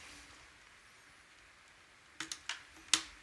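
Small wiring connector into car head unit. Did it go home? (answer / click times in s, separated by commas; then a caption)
yes / 2.9 s. A small plastic wiring harness connector is pushed into its socket on the back of an Android head unit for a 2004–2008 Acura TSX. After quiet hiss, a few light plastic clicks and taps come at about 2.2, 2.3 and 2.5 seconds, then one sharp, loud click at 2.9 seconds as the connector seats.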